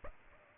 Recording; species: mosquito wingbeat signal from an infrared sensor; Aedes aegypti